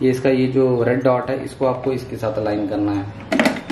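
Someone talks while a plastic strainer basket is capped into the bowl of a slow cold-press juicer, its red dot being lined up before it is twisted to lock. Near the end, sharp plastic knocks are heard at about 3.4 s and 3.7 s, but nothing has seated or locked yet.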